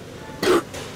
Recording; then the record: coughing mixed with background sound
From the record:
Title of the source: 60 coughing still (deep and wet cough)